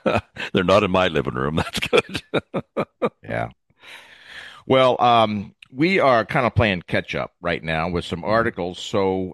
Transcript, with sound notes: They're not in my living room. That's good. (laughs)
Yeah. Well, um, we are kinda playing catch-up right now with some articles,